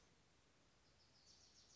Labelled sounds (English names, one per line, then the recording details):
Wilson's Warbler
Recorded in Sonoma County, California